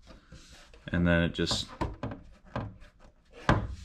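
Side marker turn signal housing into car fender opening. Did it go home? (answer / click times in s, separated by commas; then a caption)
yes / 3.5 s. Someone talks while a side marker turn signal lens housing is pushed into its opening in the front fender of an S2000. It pops into place with a sharp click at 3.5 s and sits flush.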